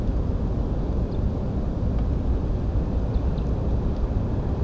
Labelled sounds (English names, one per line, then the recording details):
Eurasian Skylark
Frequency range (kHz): Eurasian Skylark 2.4-5.7 kHz
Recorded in France